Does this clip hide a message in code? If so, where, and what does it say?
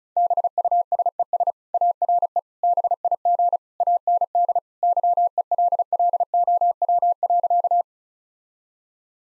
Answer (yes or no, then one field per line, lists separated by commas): yes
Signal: Morse code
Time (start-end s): 0.2-7.8 s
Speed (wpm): 36 wpm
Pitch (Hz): 700 Hz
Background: none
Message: BUSES ARE BIG AND YELLOW.